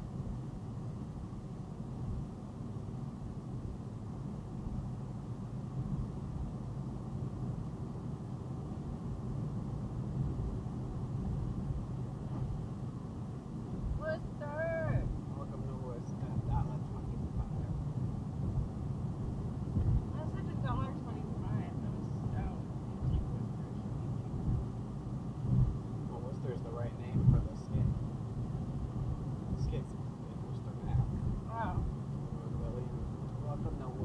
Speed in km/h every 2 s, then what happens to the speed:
82, 82, 85, 87, 89, 89, 89, 84, 82, 84, 89, 89, 89, 87, 87, 90, 93.
0-8 speeds up to 89. 8-16 slows to 82. 16-20 speeds up to 89. 20-28 steady at about 89. 28-34 speeds up to 93.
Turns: none.